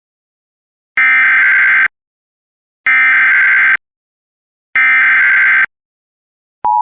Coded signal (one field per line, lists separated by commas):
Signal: Emergency Alert System (SAME) tones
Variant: header bursts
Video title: EAS alert from 6/14/25